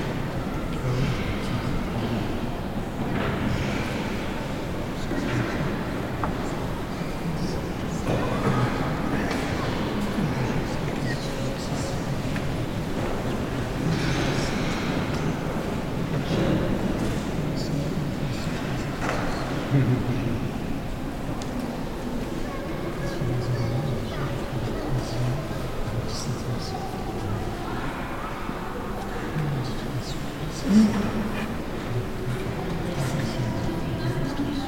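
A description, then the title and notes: Inside the Saint-Etienne cathedral in Toulouse, a constant murmur of hushed, whispering voices fills the space, dense and even throughout. Low rumbling sits underneath, and a single short, sharp sound, possibly a bark, stands out just after thirty seconds. Recorded by Dan Capture. In St. Etienne cathedral.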